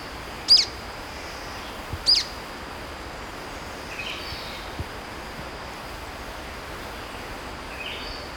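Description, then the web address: Golden-crowned flycatcher gives two piercing squeaky calls early on, then softer chirps over a steady high hum. Recorded in Ecuador. "Natures Songs S America Birds of Ecuador Golden-Crowned Flycatcher"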